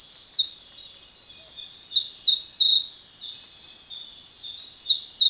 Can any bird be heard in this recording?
no